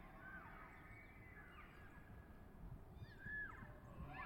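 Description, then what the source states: Elk calling, faint high whistled squeals with falling slides, one clearer call near the end, over steady low background noise. Two bulls challenging over cows and territory not long after dawn, behind a stand of Ponderosa Pine; Colockum Wildlife Area at the border of Coffin Game Reserve, last week before firearm hunting season.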